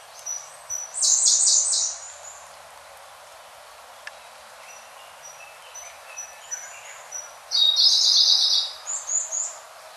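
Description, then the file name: Siberian blue robin singing two separate high, rapid trilled bursts several seconds apart, with thin faint high notes and soft twittering between them. "koruri"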